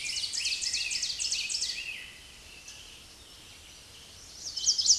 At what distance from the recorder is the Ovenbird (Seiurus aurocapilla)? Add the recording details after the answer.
about 30 m. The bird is about 5 m above the microphone. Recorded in a Pennsylvania forest on 16 May 2024 at 06:55. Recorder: AudioMoth, point MSD-2166. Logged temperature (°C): 16.3 °C. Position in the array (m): 138 m, 8 m